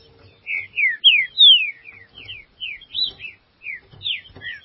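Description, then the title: Green-winged saltator song: a string of clear whistled notes, mostly slurring downward, in quick succession. "Trinca Ferro"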